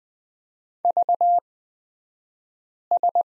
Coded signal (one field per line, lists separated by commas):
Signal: Morse code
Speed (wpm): 20 wpm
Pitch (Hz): 700 Hz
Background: none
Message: VS